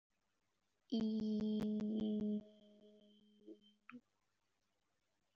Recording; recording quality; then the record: sustained vowel as in beet; excellent, no background noise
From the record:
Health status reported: exposed to COVID-19, no respiratory illness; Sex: female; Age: 28 years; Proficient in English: no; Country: India